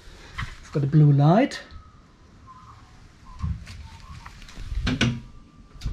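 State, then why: Seated. A charging plug has just been pushed into a car's charge port, and the port light has turned blue while someone talks. A distinct click sounds at 5.0 s, probably the port latch locking the plug home, though it could be the charger engaging. The plug is seated.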